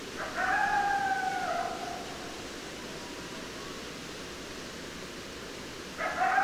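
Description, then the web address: Coyote howl, a long steady wail slightly falling in pitch for over a second, then a second note beginning at the end, with constant background hiss. Recorded 10 December 2012. "sounds mammals Coyote 2012 12 10 Coyotes"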